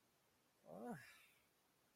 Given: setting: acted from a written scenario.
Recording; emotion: vocal sound without words; contentment